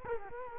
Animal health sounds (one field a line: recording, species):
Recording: mosquito wingbeat signal from an infrared sensor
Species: Culex quinquefasciatus